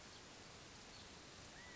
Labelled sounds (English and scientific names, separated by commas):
California Quail (Callipepla californica)